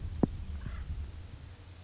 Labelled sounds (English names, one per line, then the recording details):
Acorn Woodpecker
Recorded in Sonoma County, California